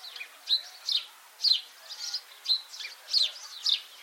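Bird giving sharp, high chirps, about twice a second in an uneven rhythm, against soft background hiss.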